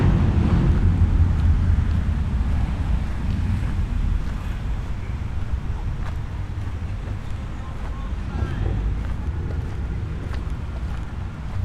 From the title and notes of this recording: Binaural Roman City Walk | City of Bath. The sounds of echoing footsteps, distant chatter, and bustling crowds. Walk through the historic city of Bath.